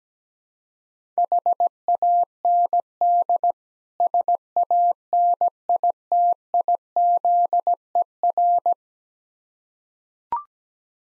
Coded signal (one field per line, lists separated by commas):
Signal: Morse code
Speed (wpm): 17 wpm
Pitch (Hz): 700 Hz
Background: none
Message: HAND SANITIZER